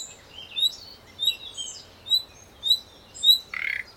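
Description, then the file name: Common nightingale giving a series of short high notes, ending in a short grating rattle. "Luscinia megarhynchos"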